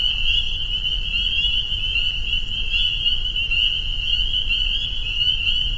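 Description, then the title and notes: Spring peepers massed in chorus, a steady high whistling drone of overlapping peeps over a soft low background rumble. Frog chorus soundscape recorded at a peeper pond on private property in northern Vermont, USA. "Peepers. a soundscape recorded at the peeper pond on our friends' property in northern Vermont"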